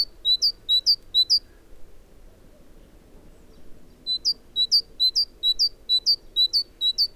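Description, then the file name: Great tit singing bright two-note phrases in rapid repeated pairs, a short pause, then the same see-saw pattern resumes, with faint low rumble underneath. "Parus major"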